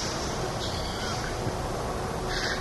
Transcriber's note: laughs